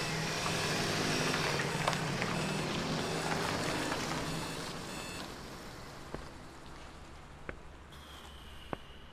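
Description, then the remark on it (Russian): A security guard opens a boom barrier gate: a car engine rumbles steadily, then fades, leaving a few sharp mechanical clicks and a thin, high motor whine that starts near the end. “Охранник открывает шлагбаум.”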